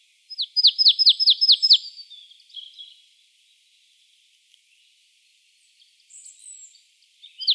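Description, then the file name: Marsh tit calls with a brisk run of clipped, downward-sweeping notes, followed by faint rasping notes, silence, a soft twitter and a final note. "Poecile palustris"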